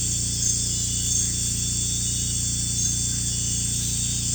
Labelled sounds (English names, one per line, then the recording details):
none
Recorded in pastures near Puerto Asís, Putumayo, Colombia, on 16 December 2024 at 01:30
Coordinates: 0.466, -76.322
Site G040